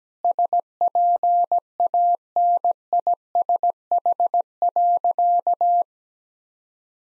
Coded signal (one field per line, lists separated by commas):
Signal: Morse code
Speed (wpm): 17 wpm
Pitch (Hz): 700 Hz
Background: none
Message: SPANISH.